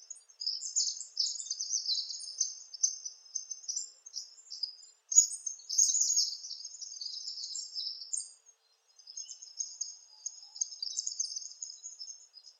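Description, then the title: Palm tanager chattering in a continuous stream of high, thin squeaky notes, with one brief pause after about eight seconds. "Sanhaçu-do-coqueiro (Tangara palmarum)"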